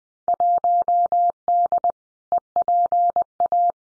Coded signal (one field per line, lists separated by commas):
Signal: Morse code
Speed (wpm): 20 wpm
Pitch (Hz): 700 Hz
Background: none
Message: 1D EPA